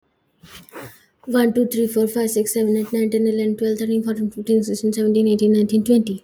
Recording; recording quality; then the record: counting at a fast pace; excellent, no background noise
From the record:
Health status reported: healthy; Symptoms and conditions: none ticked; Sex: female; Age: 30 years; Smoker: not ticked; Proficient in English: yes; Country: India